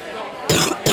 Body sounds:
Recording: coughing mixed with background sound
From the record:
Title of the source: Wet coughing

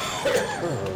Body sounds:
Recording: coughing mixed with background sound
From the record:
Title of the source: Mid-morning Winter Coughing Fit

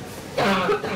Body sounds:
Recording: coughing mixed with background sound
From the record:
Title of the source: Barking cough - # 10

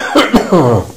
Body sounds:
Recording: coughing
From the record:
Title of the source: Spring Allergy Coughing

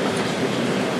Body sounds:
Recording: background sound without coughing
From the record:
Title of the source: Office Sounds Ambience - Background Noise for Study and Work

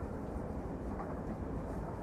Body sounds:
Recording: background sound without coughing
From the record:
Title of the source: Train Ride Ambience ambient white noise for sleeping, focus, studying, reading

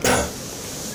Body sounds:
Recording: coughing mixed with background sound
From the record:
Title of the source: Spring Cold Coughing 3

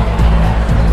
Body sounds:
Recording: background sound without coughing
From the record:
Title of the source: Party Noise 1 Hour Party Ambience

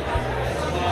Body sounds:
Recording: background sound without coughing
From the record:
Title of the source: CITY SOUNDS Busy Bar in the Evening Night - 2 HOURS of Ambiance for Relaxation

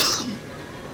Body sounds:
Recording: coughing mixed with background sound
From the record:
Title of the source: November cold (wet coughing)

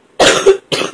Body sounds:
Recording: coughing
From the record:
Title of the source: 34 coughing up crap again

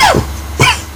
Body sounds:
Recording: coughing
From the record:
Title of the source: Dry Coughing Fit in the Afternoon.

